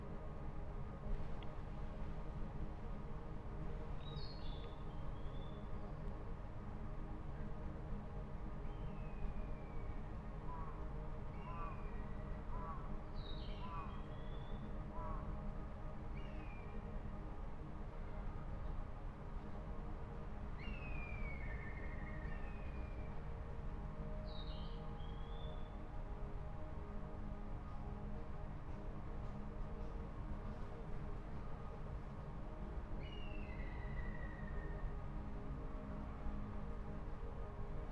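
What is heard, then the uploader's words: A day of wandering in Kanazawa: a steady, dense low rumble and hum fills the whole stretch, with a droning tone that never lets up. Short chirping bird calls break through every few seconds above it, and faint voices may sit in the mix. Recordings I made on the 25 May 2017 during a day of wandering in Kanazawa, an important cultural town on the west coast of Honshu Japan.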